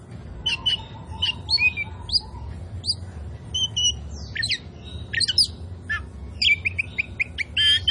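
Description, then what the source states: Oriental magpie-robin singing a varied mix of whistles, chips and scratchy notes, some phrases repeated in quick clusters, with a soft low rumble underneath. Indonesian "kacer poci" form of the Oriental magpie-robin, described as "gacor", meaning singing vigorously and continuously.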